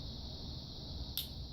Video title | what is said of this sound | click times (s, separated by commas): Tikka t3 hunter table top review | until you hear the click, and you're good to go. | 1.2 s